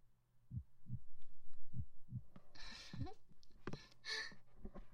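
An adult's heartbeat heard close up: paired low thumps repeat in a steady pattern, about 50 beats a minute, with bursts of rustling and handling noise in the second half. The two sounds of each beat stay evenly spaced, giving a soothing, very regular rhythm with no extra sounds.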